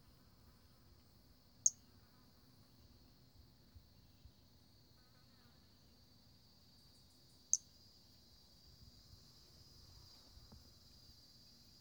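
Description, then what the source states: Brachycephalus albolineatus giving two brief, piercing high notes about six seconds apart, with a faint steady high tone and quiet low rumble behind. Individual 03, example 02; specimen collected.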